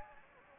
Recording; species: mosquito wingbeat signal from an infrared sensor; Anopheles gambiae